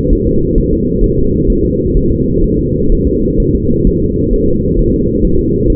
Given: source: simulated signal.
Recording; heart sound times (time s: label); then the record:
fetal heart sounds
0.13 s: S1
0.27 s: S2
0.58 s: S1
0.73 s: S2
1.04 s: S1
1.18 s: S2
1.50 s: S1
1.65 s: S2
1.97 s: S1
2.11 s: S2
2.44 s: S1
2.59 s: S2
2.92 s: S1
3.07 s: S2
3.40 s: S1
3.55 s: S2
3.87 s: S1
4.02 s: S2
4.33 s: S1
4.48 s: S2
4.79 s: S1
4.94 s: S2
5.24 s: S1
5.39 s: S2
5.70 s: S1
From the record:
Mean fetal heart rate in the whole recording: 130 bpm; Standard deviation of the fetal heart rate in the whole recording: 4 bpm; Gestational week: 38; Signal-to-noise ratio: -15.3 dB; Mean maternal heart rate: 72 bpm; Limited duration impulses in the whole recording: present